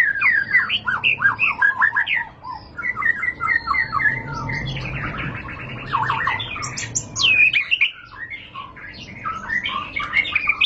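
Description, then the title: White-rumped shama song: rich, varied run of rapid chirps, trills and sweeping whistled notes, with brief pauses between bursts and a low background hum. Lure (pancingan) of high-class murai batu song, much sought for use as master tutor for caged birds. "Pancingan Murai Batu Berkelas Banyak Di Cari Buat Masteran"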